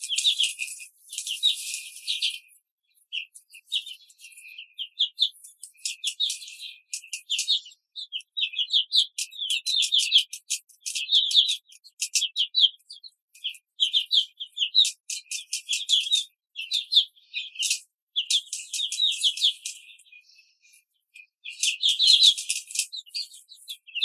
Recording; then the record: young laying hens in a cage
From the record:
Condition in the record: control cage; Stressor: none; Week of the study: 5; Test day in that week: 1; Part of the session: 3